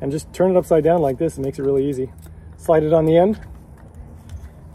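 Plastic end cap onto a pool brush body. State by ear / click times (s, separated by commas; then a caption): not seated / none. A plastic end cap is slid onto the end of a pool brush body while someone talks. Faint short taps follow near 3.8 s, 4.0 s and 4.3 s, but the cap fails to lock on the first slide, and nothing has clicked into place yet.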